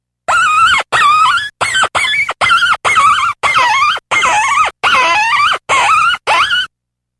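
Fox giving a series of about eleven nasal, wavering whining calls, each under a second long, separated by short silent gaps.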